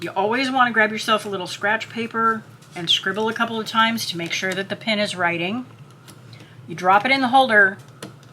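Someone talks while handling a plastic marker pen at a cutting machine's tool holder, dropping the pen into the clamp. Brief handling taps come at about 6.3, 8.0 and 8.2 seconds. The pen has not yet clicked into place or seated by the end.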